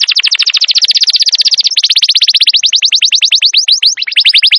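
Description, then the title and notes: Atlantic canary song: loud, rapid rolling trill of repeated high swept notes, changing pace and tone in several sections, slowing toward the end. Long, energetic canary song used as masteran to lure or train wild canaries. "Pikat Kenari GACOR PANJANG INI Cocok Untuk Masteran KENARI LIAR. Masteran burung kenari gacor parah"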